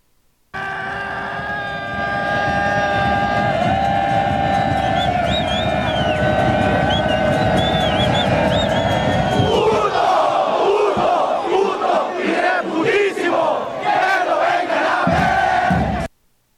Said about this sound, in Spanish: ¿Cómo ves ese audio de lo que le gritan al portero antes de sacar el balón? Pues la FIFA quiere sancionar a México, ¿no?